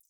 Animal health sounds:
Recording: hydrophone in a shrimp aquaculture tank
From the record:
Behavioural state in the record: feeding

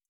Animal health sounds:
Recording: hydrophone in a shrimp aquaculture tank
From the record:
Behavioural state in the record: stressed

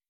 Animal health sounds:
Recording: hydrophone in a shrimp aquaculture tank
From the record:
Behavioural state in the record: weakened

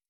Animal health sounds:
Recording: hydrophone in a shrimp aquaculture tank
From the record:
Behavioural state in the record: stressed

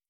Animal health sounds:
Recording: hydrophone in a shrimp aquaculture tank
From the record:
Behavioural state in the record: starved

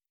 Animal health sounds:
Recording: hydrophone in a shrimp aquaculture tank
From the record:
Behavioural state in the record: normal

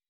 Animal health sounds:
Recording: hydrophone in a shrimp aquaculture tank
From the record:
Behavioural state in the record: weakened

